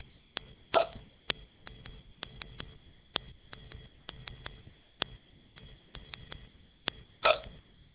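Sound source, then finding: Adult. Hiccups.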